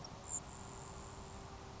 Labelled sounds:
Grasshopper Sparrow

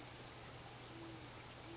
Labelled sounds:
Great Horned Owl

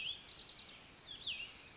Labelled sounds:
Cassin's Vireo

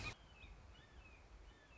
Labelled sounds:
Red-shouldered Hawk

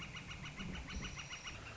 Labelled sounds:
Northern Flicker

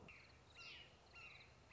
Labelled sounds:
Red-shouldered Hawk

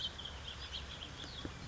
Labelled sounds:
House Finch

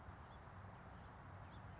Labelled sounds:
House Finch

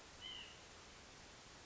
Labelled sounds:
White-breasted Nuthatch

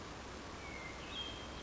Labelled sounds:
Cassin's Vireo

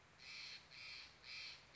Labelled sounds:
Steller's Jay

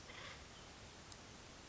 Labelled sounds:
Acorn Woodpecker

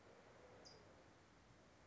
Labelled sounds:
California Towhee

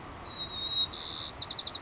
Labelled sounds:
White-crowned Sparrow

